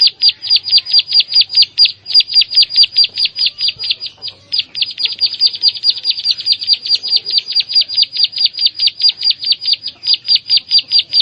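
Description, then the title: Prinia giving a long, fast stream of high, sharp notes with one brief pause, otherwise steady throughout. "Ciblek Sawah"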